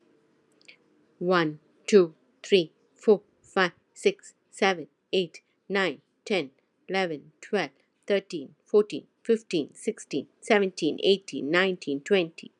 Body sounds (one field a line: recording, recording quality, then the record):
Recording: counting at a fast pace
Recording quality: excellent, no background noise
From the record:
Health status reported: healthy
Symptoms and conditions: none ticked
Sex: female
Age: 43 years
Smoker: not ticked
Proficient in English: yes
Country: India